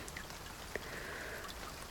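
Steady summer rain falls with a soft, even hiss, broken by one sharper drip about midway, with faint high chirps threading through the wash of sound.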